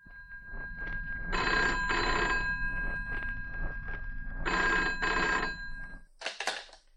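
An old telephone bell rings in two long, bright metallic bursts with a pause between them, followed by a brief clatter as if the receiver is picked up.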